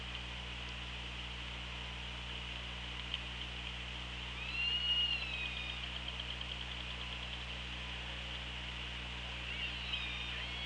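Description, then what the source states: Killer whale call: one drawn-out, wavering whistle-like cry in the middle and a fainter one near the end, set against constant hiss and low droning hum. OrcaLab hydrophone, 24 August 2017, around 15:45.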